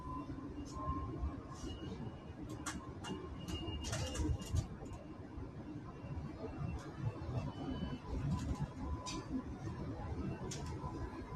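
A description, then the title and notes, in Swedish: A bus ride: a steady low rumble of the engine and road fills the whole clip, with a faint tone near the middle. Short clicks and rattles break through repeatedly, clustered around four seconds, and murmured voices seem mixed into the drone. Lyssna in Min Bussresa.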